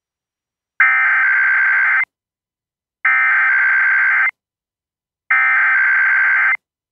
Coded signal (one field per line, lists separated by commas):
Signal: Emergency Alert System (SAME) tones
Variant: header bursts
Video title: (EAS #157) | Pacific IPAWS Required Weekly Test on WJON-IP | 08/05/2024